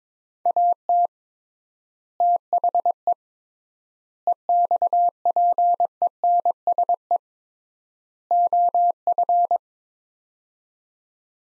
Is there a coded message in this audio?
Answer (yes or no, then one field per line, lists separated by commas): yes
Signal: Morse code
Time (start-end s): 0.5-9.6 s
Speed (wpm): 22 wpm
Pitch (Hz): 700 Hz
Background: none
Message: AT THE EXPENSE OF